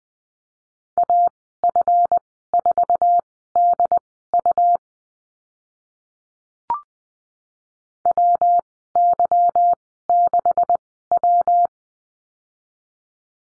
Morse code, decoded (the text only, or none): AF4DU WY6W